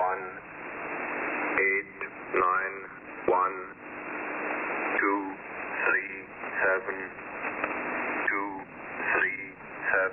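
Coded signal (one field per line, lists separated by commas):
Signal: numbers station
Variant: E06, English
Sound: muffled distorted voice reading short, roughly evenly spaced words through constant shortwave hiss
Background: radio static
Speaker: here's an example this is a clip from the nsric's recording of a station referred to in their listing as e06 the english man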